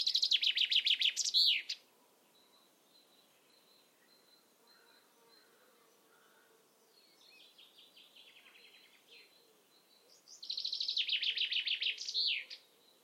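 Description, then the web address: Common chaffinch song: a loud, rapid run of bright notes tumbling downward and ending in a sharp flourish, heard twice, with faint twittering from other birds between. "Deverinetal"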